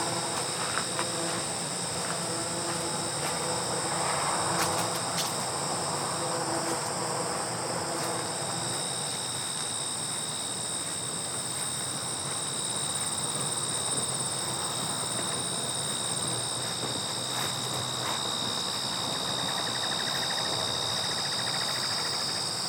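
Footsteps crunch on gravel at a steady walking pace while grasshoppers whir in a continuous high, thin layer above. The insect chorus holds level throughout, with a low hum under the first several seconds that fades away.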